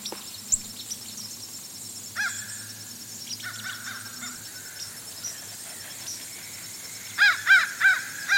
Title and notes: Fish crows become inquisitive and call to each other